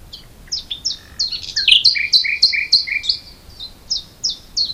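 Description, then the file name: Common nightingale song: sliding high whistles mixed with lower repeated notes, varied and rich. "Luscinia megarhynchos"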